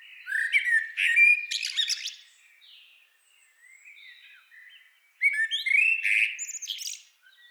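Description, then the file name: Common blackbird song: rich, whistled, warbling phrases with scratchy high twittered endings. A soft, subdued passage separates two louder bursts. "Turdus merula"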